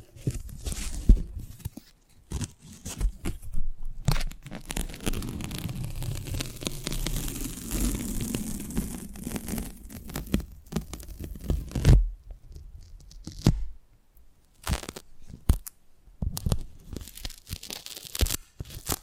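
Close-up mic handling: rubbing, scraping and tearing-like rustles against the microphone. From about 3 to 11 seconds the friction is a dense, continuous scrubbing with a low rumble underneath. After a sharp knock near 12 seconds, it breaks into scattered scrapes and clicks separated by silences.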